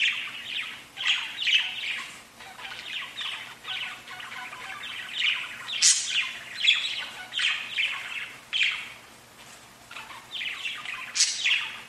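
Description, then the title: Budgerigar chattering steadily, with a dense stream of buzzy chirps and warbles and a few shrill high notes rising above the twitter. "Budgie Sounds"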